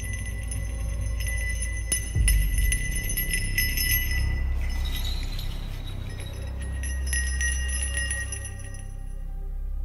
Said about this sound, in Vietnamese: Tiếng chuông lại một lần nữa leng keng theo pháp chú.